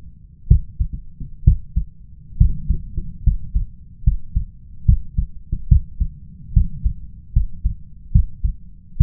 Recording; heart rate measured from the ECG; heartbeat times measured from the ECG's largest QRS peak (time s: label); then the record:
heart sounds by stethoscope; 71 bpm
0.47 s: heartbeat
1.43 s: heartbeat
2.37 s: heartbeat
3.23 s: heartbeat
4.03 s: heartbeat
4.85 s: heartbeat
5.68 s: heartbeat
6.53 s: heartbeat
7.32 s: heartbeat
8.11 s: heartbeat
8.97 s: heartbeat
From the record:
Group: healthy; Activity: rest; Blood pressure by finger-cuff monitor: 136/81 mmHg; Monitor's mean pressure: 98 mmHg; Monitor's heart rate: 70 bpm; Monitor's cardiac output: 6.1 L/min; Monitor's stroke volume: 85 mL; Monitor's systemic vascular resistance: 1190 dyn s/cm5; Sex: male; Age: 21 years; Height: 180 cm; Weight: 67.5 kg